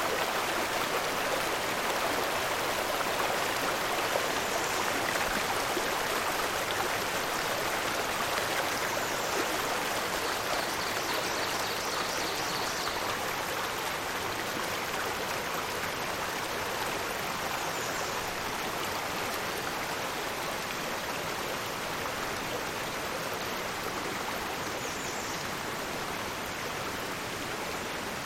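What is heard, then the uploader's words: A Catskill mountain stream rushes and splashes without pause, a dense, steady hiss of falling water spread from low to bright. Faint bird chirps sit above the water now and then, with a short run of quick notes around ten to thirteen seconds. An 80 minute sound immersion with pools, falls, and birds of a Catskill Mtn stream. In early summer there are enough rocks sticking out so walking up it is possible.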